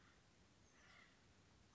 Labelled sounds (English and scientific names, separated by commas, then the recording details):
Acorn Woodpecker (Melanerpes formicivorus)
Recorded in Sonoma County, California